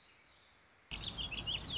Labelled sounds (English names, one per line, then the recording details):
Warbling Vireo
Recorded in Sonoma County, California